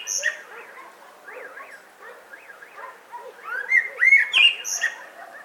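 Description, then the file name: Common blackbird: a run of quick, softer chirping notes, then a louder fluted warble with high squeaky notes. "Turdus merula"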